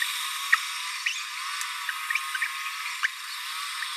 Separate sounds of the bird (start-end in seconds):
0.52-0.55, 3.04-3.07